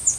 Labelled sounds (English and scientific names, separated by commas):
Yellow-throated Warbler (Setophaga dominica) flight call